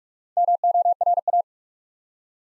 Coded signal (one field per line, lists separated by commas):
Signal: Morse code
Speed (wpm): 44 wpm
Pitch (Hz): 700 Hz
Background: none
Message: MORA